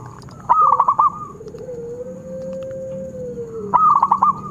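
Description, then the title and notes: Zebra dove song: two bursts of rapid, rolling staccato coos separated by a long, steady whistled tone. Long-duration lure recording of a vigorously singing zebra dove. "Pancingan Perkutut Durasi Panjang. Suara Burung Perkutut Gacor"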